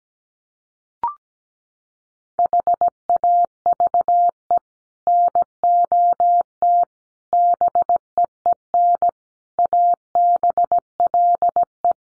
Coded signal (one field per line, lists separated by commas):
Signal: Morse code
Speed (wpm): 17 wpm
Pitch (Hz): 700 Hz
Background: none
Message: HAVE NOT BEEN ABLE